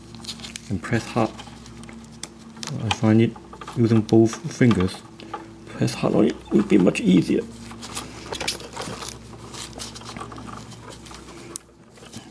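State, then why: Seated. A plastic wire tap clip for the LED warning canceller connection on the tail light wiring of a Ford Focus is pressed firmly shut with both fingers while someone talks, with small handling taps and rustles along the way. It snaps closed with a sharp click at 11.6 seconds, and the clip is seated.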